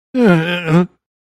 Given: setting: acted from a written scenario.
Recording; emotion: vocal sound without words; sadness